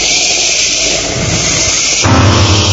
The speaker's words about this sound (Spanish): Truenos.